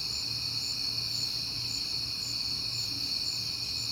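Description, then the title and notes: Cricket chorus of continuous high, shrill trilling, with softer pulsed chirps repeating above it and a low background hum underneath. At night in September, on a peaceful night; crickets heard often this month. "Night Time: Crickets and Passing Cars. It is September and I have been hearing the crickets a lot, but finally had a peaceful night to make the recording"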